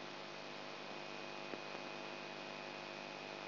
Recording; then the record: brain microelectrode recording played as sound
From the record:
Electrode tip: outside the subthalamic nucleus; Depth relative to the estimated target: -6 mm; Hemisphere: right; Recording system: AlphaMap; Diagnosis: Parkinson's disease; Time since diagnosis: 9 years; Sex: male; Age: 58 years